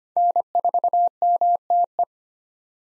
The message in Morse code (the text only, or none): N4MTE